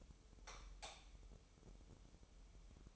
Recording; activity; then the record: daily activity, microphone in the room; light off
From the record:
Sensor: 1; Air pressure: 988.4 hPa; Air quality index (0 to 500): 198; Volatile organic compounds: 1000 ppm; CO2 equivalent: 5288 ppm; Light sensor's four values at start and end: 12/37/14/16 and 8/22/8/10